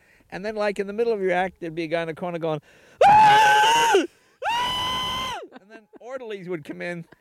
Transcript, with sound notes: And then, like, in the middle of your act there'd be a guy in the corner going...
(SOUNDBITE OF SCREAMING)
And then orderlies would come in